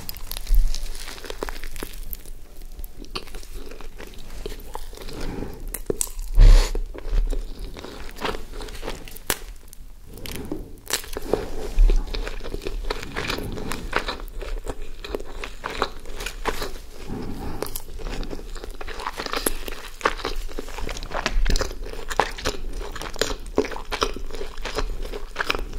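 Someone eats nuggets, a hamburger and fries, with steady crunching bites and wet chewing that run through the whole clip. Sharp crunches stand out around 1, 6, 10 and 12 seconds, between continuous smacking and soft crinkles of wrapping.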